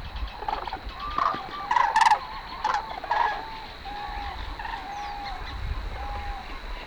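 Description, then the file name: Common crane flight calls: a burst of loud, harsh trumpeting notes in the first few seconds, then softer drawn-out calls over a low rumble. "Kranich Flugrufe"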